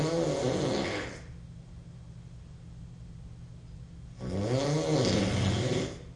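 Two loud, buzzy snores about four seconds apart, with a quiet pause between them. The rattling tone is nasal and coarse, obnoxious heavy snoring from an adult male sleeper.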